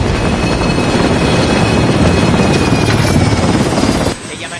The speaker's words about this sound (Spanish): El helicóptero se posa sobre la cubierta.